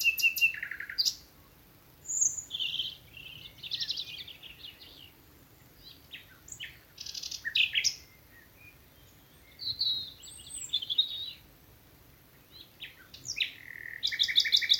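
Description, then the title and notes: Common nightingale singing separate varied phrases of whistles, chirps and rapid trills, with short pauses between them. Several nightingales singing from the thickets of a wood at Alners Gorse nature reserve, Dorset, England, in the evening as the dew falls. "Sound Escape 11: the glorious song of nightingales from a Dorset wood. it's evening at Alners Gorse, a nature reserve in Dorset run by Butterfly Conservation. As the dew falls, the extraordinary song of nightingales rises from the thickets. Recorded by Martin Maudsley"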